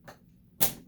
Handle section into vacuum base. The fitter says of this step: click that into place there we go now the vacuum is fully assembled